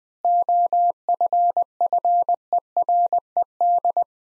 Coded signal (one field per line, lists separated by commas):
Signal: Morse code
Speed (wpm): 20 wpm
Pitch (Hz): 700 Hz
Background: none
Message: OFFERED